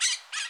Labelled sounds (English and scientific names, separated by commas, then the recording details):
Brown-throated Parakeet (Eupsittula pertinax) contact call
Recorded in Bonaire
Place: just S of turnoff to Cai, near Lac Bay
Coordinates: 12.126, -68.239